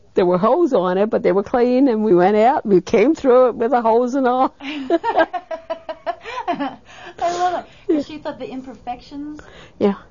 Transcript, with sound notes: there were holes on it but they were clean and we went out and we came through it with the holes and all. ( they laugh )
I love it. She thought the imperfections would...